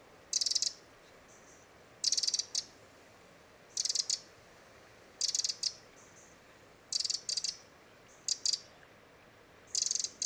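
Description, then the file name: Eurasian wren repeating short, dry, high rattles roughly every one and a half seconds, sometimes in double bursts. "Troglodytes troglodytes"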